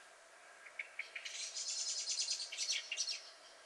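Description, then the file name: Common blackbird chattering call, a few spaced clicks building into a rapid rattling run of notes lasting about two seconds, with faint background hiss. "Turdus merula"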